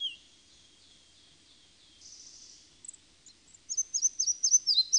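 Red-breasted flycatcher song: after a few seconds of faint thin tones, a quick run of thin, high, repeated notes, dropping slightly near the end.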